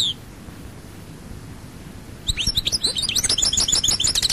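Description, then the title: European goldfinch song: after two quiet seconds, a fast run of high, tinkling twitters and liquid notes starts and continues to the end. "Chant Chardonneret"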